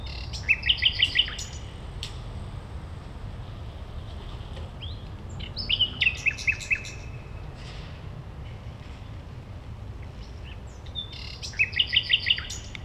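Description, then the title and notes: Common nightingale song: three bursts of rapid repeated chattering notes about five seconds apart, separated by quiet gaps with a low background hum. Singing at a playground on Gartenstraße in the Mitte district of Berlin, Germany. "nachtigall in der gartenstraße. Mitte, Berlin, Germany. eine nachtigall am spielplatz gartenstraße"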